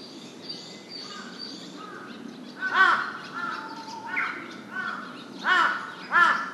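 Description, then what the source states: Large-billed crow giving a few scattered hoarse caws, with other birds' thin whistled notes before and between them. Recorded 23 May 2007.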